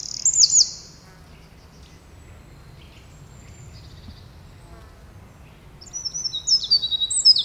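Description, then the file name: Eurasian wren giving a short, shrill trilled phrase at the start, a long quiet gap, then a burst of high, sharp notes and trills at the end. "Troglodytes troglodytes"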